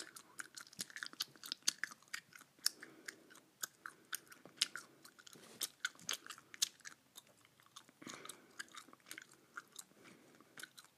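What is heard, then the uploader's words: Wet chewing of gum goes on without pause, with quick sticky clicks and smacks landing several times a second. The rhythm is busy and uneven, with brief louder snaps around two, four and a half, and eight seconds. Chewing Gum Hard.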